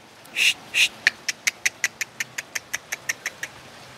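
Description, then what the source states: Asian pied starling song: two harsh, broad notes followed by a rapid run of over a dozen short, clicking notes that gradually fade. Indonesian name Jalak Suren; labelled Suren Teler.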